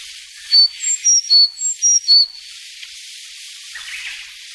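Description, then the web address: Sakhalin leaf warbler song, one phrase of several short, high, tinny whistles alternating in pitch, then quiet hiss for the remaining seconds. "sikioto. ezomushikui"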